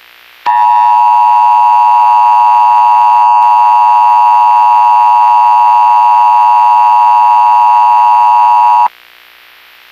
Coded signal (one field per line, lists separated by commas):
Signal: Emergency Alert System (SAME) tones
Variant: 853 and 960 Hz attention tone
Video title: EAS Scenario #5 - Residence Massacre EAS Scenario